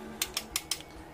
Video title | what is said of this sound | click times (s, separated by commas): Mastermind Creations ocular Max Assaultus | here that ratchet pop back up this pops out so you're going to take that | 0.2 s, 0.4 s, 0.6 s, 0.7 s